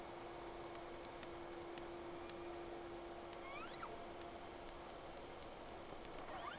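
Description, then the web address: Whale sounds underwater: scattered sharp clicks with a couple of quick rising whistles, over a steady low mechanical hum and hiss. Two whales, 3 October 2006 at 11:30, round 1. "Sea Snake 10-3-06 Whales X 2 11-30"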